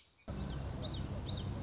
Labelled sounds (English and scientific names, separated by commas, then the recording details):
Common Yellowthroat (Geothlypis trichas)
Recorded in Sonoma County, California